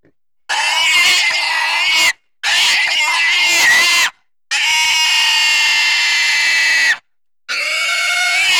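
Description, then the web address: Pig: intense high-pitched squealing in long shrill bursts, wavering at first, then one steady scream over two seconds, separated by silent gaps. "Sony Pictures Sound Effects Series Volumes 1-10 Volume 1 Animals Pig Squeals Intense"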